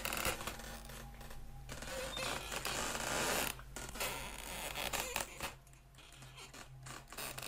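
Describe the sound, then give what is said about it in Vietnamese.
A slow, drawn-out creak of a window swinging open by itself with no wind, with scraping, grinding textures and a low steady hum underneath, rising and fading over several seconds with no voices. “Cánh cửa sổ ở bên kia không có gió mà từ từ mở ra.”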